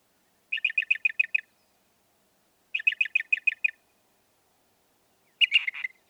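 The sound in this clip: Northern mockingbird song: a quick phrase of seven chirps, repeated after a pause, followed by a different harsh jumbled note.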